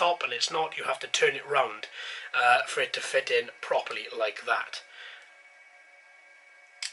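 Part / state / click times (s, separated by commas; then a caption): nano drone battery into its charging port / seated / 6.8 s. A small battery for a JX 1601 nano quadcopter folding drone is turned around so it fits and is pushed into its charging port. Someone talks through most of the clip, then a short sharp hit is heard at 6.8 s as the battery seats in the charging socket.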